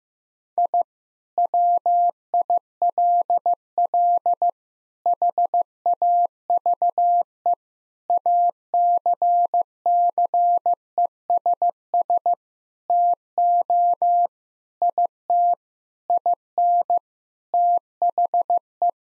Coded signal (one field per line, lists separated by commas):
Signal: Morse code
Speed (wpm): 15 wpm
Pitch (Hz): 700 Hz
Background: none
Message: I WILL HAVE ACCESS TO IT IN THE